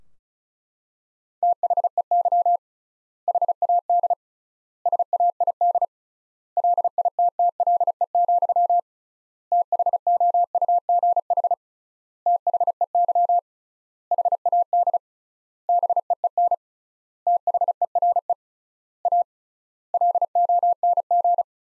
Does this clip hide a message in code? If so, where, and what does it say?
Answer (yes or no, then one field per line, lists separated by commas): yes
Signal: Morse code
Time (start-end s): 1.4-21.4 s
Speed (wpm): 36 wpm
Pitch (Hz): 700 Hz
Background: none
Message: THEY HAD SAID LITTLE, THOUGH THEY HAD BEEN THERE A LONG